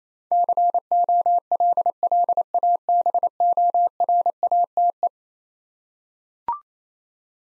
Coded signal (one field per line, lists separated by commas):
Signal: Morse code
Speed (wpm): 27 wpm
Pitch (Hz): 700 Hz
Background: none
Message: COLLABORATE